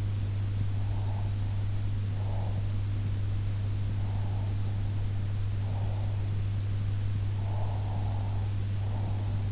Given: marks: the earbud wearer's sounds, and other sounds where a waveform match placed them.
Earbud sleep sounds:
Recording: sounds in sleep by an in-ear microphone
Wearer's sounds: breath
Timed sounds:
0.70-2.73 s: breath
3.78-6.19 s: breath
7.41-9.52 s: breath

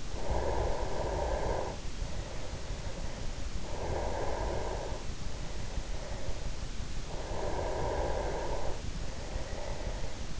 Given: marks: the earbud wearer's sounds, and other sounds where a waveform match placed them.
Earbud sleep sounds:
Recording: sounds in sleep by an in-ear microphone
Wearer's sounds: breath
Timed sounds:
0.00-3.44 s: breath
3.62-6.77 s: breath
7.07-10.40 s: breath

